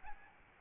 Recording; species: mosquito wingbeat signal from an infrared sensor; Aedes albopictus